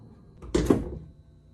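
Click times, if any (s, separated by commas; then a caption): 0.5 s. A wooden barn-style sliding door on a dog kennel is slid shut, and magnets on the kennel and on the back of the door pull it closed. The door lands with a heavy thunk at 0.5 s, followed by a lighter knock at 0.7 s and a fading rumble. The magnetic catch holds the door locked closed.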